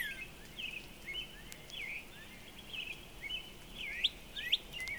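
Northern Cardinal song: a run of slurred whistles, some rising, some falling, over steady background noise.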